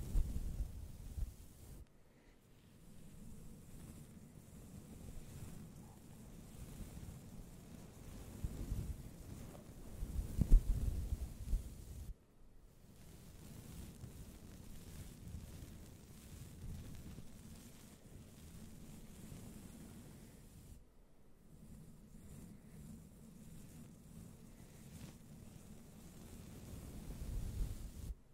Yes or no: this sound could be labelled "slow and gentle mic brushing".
yes